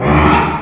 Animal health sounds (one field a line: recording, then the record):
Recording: squeal of a Yucatan mini pig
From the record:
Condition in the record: after surgery on the right vocal fold (resection and tissue-engineered implant)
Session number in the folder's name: 3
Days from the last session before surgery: 33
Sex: male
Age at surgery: 12 weeks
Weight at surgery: 13 kg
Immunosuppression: cyclosporine, prednisolone